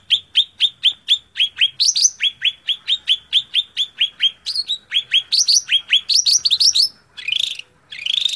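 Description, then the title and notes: Greater green leafbird song of quick repeated whistled chips, interrupted by higher squeaky notes, building into tumbling rising phrases and two rasping buzzes. Song used as a training recording (masteran) for caged greater green leafbirds. "Suara Burung Cucak Ijo. mantap buat masteran burung cak ijo"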